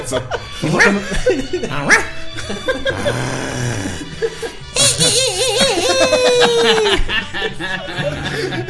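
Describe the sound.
A person imitates a thin, pot-bellied ranch dog with a run of short, voiced barking yelps, mixed with chuckling and other voices laughing and talking over the noise.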